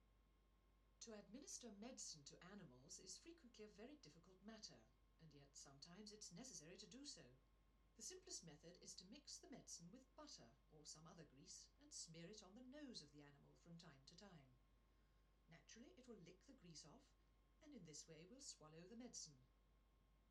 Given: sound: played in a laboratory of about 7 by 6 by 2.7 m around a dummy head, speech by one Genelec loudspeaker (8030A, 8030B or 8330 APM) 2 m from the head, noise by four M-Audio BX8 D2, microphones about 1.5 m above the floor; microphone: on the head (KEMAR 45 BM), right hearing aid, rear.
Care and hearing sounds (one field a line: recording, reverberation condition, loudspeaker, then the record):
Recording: female speech in English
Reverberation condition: low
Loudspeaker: 30 degrees to the right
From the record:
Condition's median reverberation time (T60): about 310 ms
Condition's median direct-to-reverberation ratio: about 3.5 dB